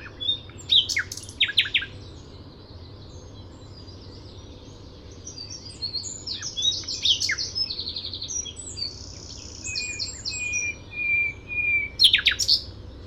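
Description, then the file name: Common nightingale song with scattered sharp notes, high buzzy trills and a long whistled tone, separated by short quiet gaps. "Luscinia megarhynchos"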